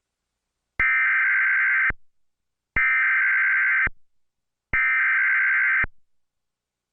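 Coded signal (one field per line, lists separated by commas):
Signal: Emergency Alert System (SAME) tones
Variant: header bursts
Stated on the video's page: Simulated EAS interruption reusing a real tornado warning recording.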